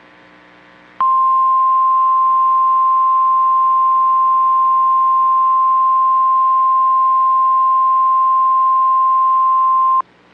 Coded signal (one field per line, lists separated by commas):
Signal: Emergency Alert System (SAME) tones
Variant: 1050 Hz attention tone